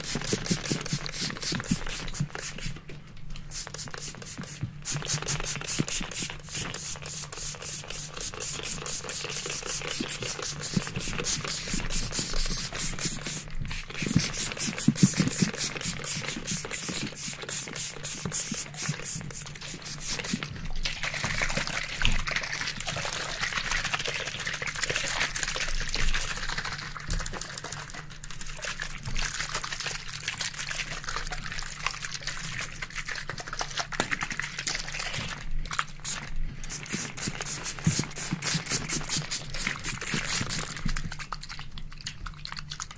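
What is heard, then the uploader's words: A barbershop spray bottle hisses in rapid, nearly continuous bursts of bright misting for the whole clip, with brief pauses and a low steady hum underneath. Ultra Fast RAW Barbershop SPRAY Bottle Sounds.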